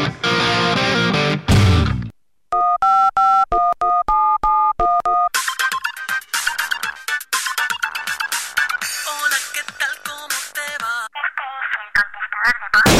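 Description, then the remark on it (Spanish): A telephone number is dialed on a landline keypad: a quick, evenly paced string of about ten loud touch-tone beeps, each a steady two-note chime, before a busy jingle of music takes over. “Mejor volvamos al fijo.”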